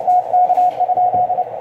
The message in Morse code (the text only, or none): TK?